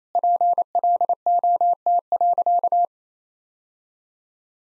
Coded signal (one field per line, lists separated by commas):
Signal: Morse code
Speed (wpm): 27 wpm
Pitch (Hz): 700 Hz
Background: none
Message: PLOT.